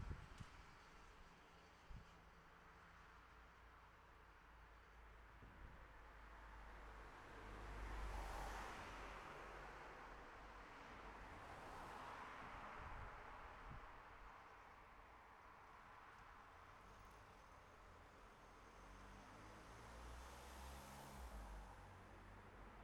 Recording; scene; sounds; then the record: everyday scene through a hearing-aid microphone; in traffic; traffic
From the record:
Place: city secondary road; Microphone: behind the ear, left, front